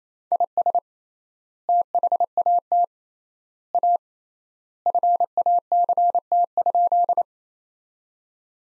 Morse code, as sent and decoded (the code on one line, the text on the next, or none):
.. ... / - .... .- - / .- / ..-. .- -.-. - ..--..
IS THAT A FACT?